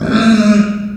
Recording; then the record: squeal of a Yucatan mini pig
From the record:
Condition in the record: after surgery on the right vocal fold (resection and tissue-engineered implant); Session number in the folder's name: 7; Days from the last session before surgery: 47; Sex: female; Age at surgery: 19 weeks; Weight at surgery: 25 kg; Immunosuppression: prednisolone